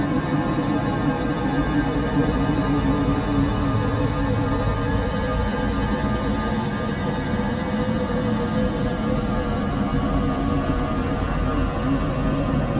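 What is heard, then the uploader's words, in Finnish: Melting snow in a radiophonic piece: a steady, dense low murmur and trickle with fine crackles throughout, level and unchanging in loudness. Lumen sulamisen äänistä koostuva radiofonia. Teoksen päämateriaalina on yhtenä ottona tehty kolmetuntinen äänitys, jossa lumeen upotettu hydrofoni (vedenalainen mikrofoni) tallentaa lumen hidasta sulamista ämpärissä huoneenlämmössä. Lumen sulaminen ämpärissä oli äänellisesti hyvin hiljaista.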